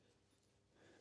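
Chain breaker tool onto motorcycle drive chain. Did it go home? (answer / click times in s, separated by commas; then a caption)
no / none. A steel chain breaker tool is being fitted onto a drive chain link of a Royal Enfield Classic 350 motorcycle that is getting a new DID chain, lining its pin up with the chain pin to be pushed out. Only a low, steady handling noise is heard, growing slightly louder near the end, with no sharp clicks. Nothing has seated or clicked yet.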